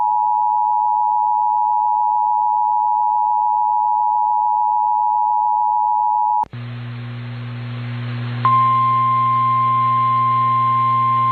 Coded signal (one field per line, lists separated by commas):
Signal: Emergency Alert System (SAME) tones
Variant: 853 and 960 Hz attention tone